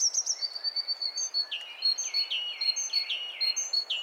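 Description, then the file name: Great tit calls: rapid series of thin, high notes followed by repeated sharp downslurred chirps, several per second, above light background noise. "Parus major"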